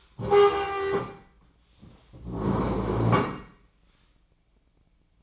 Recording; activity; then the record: daily activity, microphone in the room; stand up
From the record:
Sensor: 1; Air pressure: 1012.3 hPa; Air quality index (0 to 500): 171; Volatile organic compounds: 3 ppm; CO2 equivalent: 1404 ppm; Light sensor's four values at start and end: 45/122/50/61 and 45/121/50/61